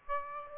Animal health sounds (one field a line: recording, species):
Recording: mosquito wingbeat signal from an infrared sensor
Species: Aedes aegypti